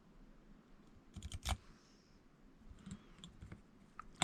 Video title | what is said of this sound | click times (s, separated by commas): Part 10 Sworkz S35 4e On pose le combo Maclan Mmax8 1900KV | arrière, j'ai entendu le clac, on y va. | 4.2 s